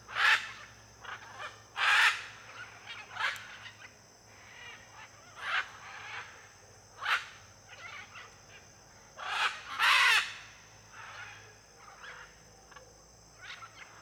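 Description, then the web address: Blue-and-yellow macaws calling repeatedly with loud, hoarse, screeching squawks every second or two, above a continuous high-pitched cricket chorus. Flock of macaws in an area with many palms, with cricket noise. "Conjunto de Araras em Area de Muitas Palmeiras e ruidos de grilo. arara caninde"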